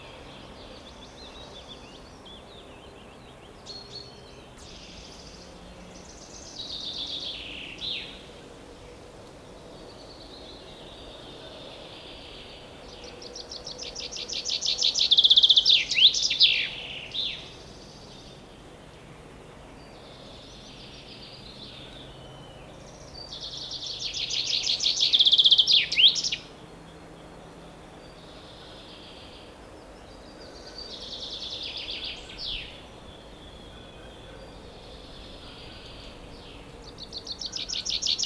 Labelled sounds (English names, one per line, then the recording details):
Common Chaffinch song
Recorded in the wild
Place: Bergen, Insel Rügen, Mecklenburg-Vorpommern, DE
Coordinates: 54.415, 13.426
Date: 1975-06-08
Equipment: Nagra III BH, Sennheiser MD 21
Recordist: Schubert, Michael